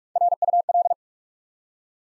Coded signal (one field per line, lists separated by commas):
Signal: Morse code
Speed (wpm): 44 wpm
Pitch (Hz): 700 Hz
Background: none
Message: RUL